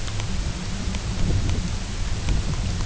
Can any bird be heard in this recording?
no